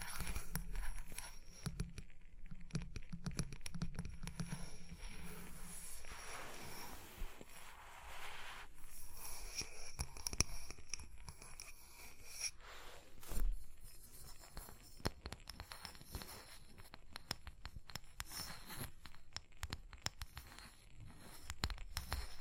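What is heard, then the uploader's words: Tapping and scratching go on throughout: dense, irregular clicks and short scrapes, with busy stretches around 2 to 4 seconds and again from about 13 seconds on. A low hum sits underneath early on, and a single sharper knock stands out near 13 seconds. Tapping and Scratching (No Talking).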